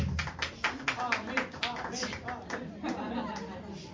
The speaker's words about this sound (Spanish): ¿Cuántos dan un aplauso al Señor esta mañana?